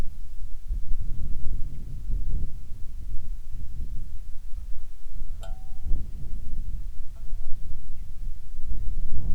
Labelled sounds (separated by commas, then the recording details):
bird, wind, insects
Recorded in the Arctic National Wildlife Refuge, Alaska, on 7 July 2019 at 18:46
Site 41